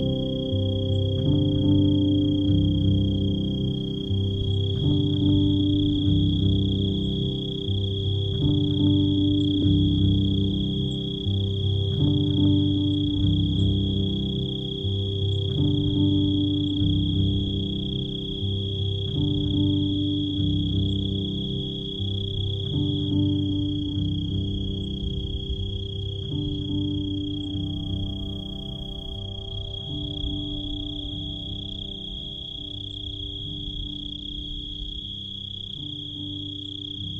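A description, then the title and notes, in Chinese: Crickets in the grass hold a steady, unbroken high trill over a deep, throbbing croak-like pulse that repeats every two seconds or so. 大自然声音助眠：草丛蛐鸣。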